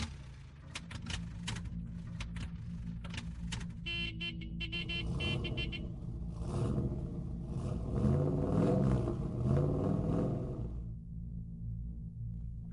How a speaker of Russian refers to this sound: Как парни Бентли умудряются выигрывать гонки на таких авто? Этот Бентли Леман с 70-сильным мотором ползет, как черепаха, раздраженно думал Николя, нажимая на педаль акселератора и пугая крякающим звуком рожка зазевавшихся прохожих.